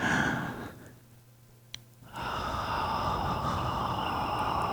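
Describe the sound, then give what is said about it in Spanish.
A breathing exercise to ease a menopausal hot flush: a long, breathy exhale through the mouth, a brief quiet pause with a small click, then a steady, airy inhale through the mouth that continues to the end, with no talking. “Entonces, intenta concentrarte en expulsar lo más que puedas, pero aspirar con la boca para que el oxígeno entre más fresco.”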